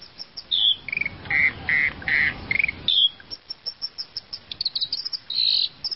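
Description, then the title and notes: Bird calling: a few bright whistled notes, then many short rapid notes. "Kicau Burung Lengkap"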